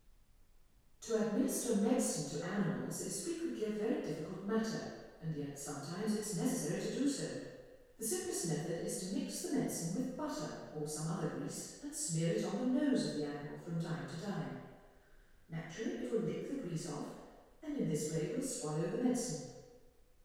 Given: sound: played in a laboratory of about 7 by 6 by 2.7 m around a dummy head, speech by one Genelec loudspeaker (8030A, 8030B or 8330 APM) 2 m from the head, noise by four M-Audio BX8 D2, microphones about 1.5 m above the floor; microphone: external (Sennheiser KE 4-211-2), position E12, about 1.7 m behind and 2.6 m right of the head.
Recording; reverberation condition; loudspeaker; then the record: female speech in English; high; 30 degrees to the right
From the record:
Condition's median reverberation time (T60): about 1300 ms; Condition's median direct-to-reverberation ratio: about -4.0 dB